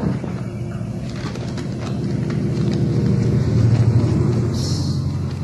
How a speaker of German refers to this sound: Da war ein Geräusch daraus. Klang fast, als würde ein Flugzeug landen.